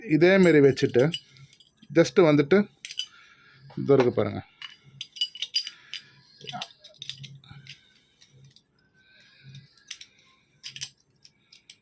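A small metal drill bit is being fitted into a tool's holder, with someone talking over the handling. Sharp metallic taps and clinks are heard around 2.9–3.0 s, 5.2–5.6 s, 6.6 s and 7.1 s, followed by softer rattles. The clip ends before the bit is pushed home, and nothing has seated or clicked yet.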